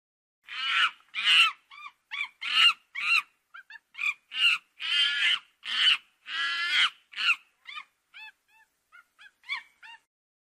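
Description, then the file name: Monkey calls: rough, wavering cries mixed with quick, tonal yelps, fading into a series of thin, short notes toward the end. "Tieng khi keu"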